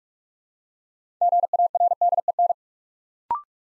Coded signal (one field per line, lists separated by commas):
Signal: Morse code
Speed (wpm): 45 wpm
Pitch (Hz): 700 Hz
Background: none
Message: GARDEN